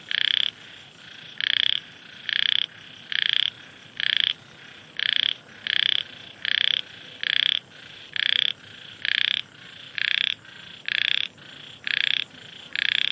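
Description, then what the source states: Frog croaking in a long, steady series of short grating pulsed bursts, a steady hiss beneath. Frogs in Vietnam, with wind.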